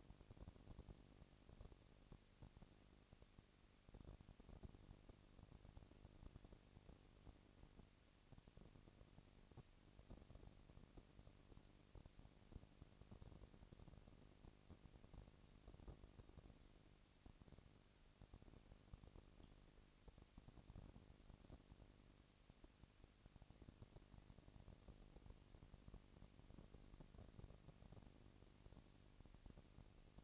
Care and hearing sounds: daily activity, microphone in the room; no activity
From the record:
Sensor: 4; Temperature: 22.4 degrees Celsius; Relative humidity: 31.9%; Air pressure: 997.9 hPa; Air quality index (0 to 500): 203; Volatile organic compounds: 17 ppm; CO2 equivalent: 2572 ppm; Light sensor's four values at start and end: 2/3/1/1 and 2/3/1/1

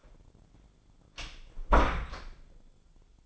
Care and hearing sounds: daily activity, microphone in the room; close door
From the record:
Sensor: 5

